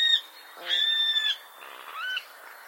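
Bird calls: a brief clear note, then a drawn-out nasal squawk with rich harmonics, and a short upslurred note near the end.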